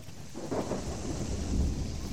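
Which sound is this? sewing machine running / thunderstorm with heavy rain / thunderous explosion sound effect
thunderstorm with heavy rain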